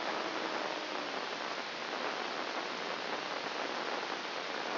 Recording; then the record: brain microelectrode recording played as sound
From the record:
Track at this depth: inside the subthalamic nucleus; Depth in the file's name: 2.004 mm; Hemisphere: left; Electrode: 1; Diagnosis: Parkinson's disease